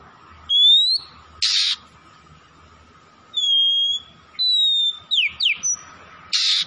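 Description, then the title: Oriental magpie-robin giving sustained whistled notes mixed with harsh rasping bursts and quick falling slurs. From Tretes, singing vigorously (gacor). "Kacer Tretes Gacor"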